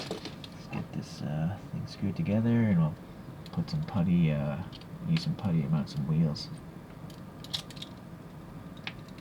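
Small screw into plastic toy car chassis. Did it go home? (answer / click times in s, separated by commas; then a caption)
no / 8.9 s. Someone talks while a small screw is driven into the plastic chassis of a Tooned Subaru Alcyone XT ChoroQ toy car to hold the body on. A few light ticks are followed by a sharp click at 8.9 s. The screw strips the thread in the plastic.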